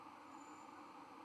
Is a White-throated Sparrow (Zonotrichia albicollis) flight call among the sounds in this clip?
no